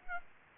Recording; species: mosquito wingbeat signal from an infrared sensor; Aedes aegypti